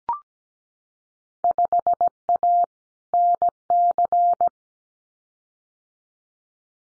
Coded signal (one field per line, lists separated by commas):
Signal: Morse code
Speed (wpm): 17 wpm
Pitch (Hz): 700 Hz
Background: none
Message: 5A NC